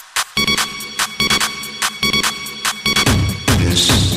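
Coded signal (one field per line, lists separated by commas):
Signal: none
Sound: music synth beeps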